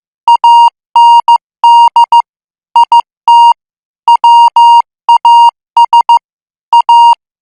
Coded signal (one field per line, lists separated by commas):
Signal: Morse code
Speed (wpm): 15 wpm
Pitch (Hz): 940 Hz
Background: none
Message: AND IT WAS A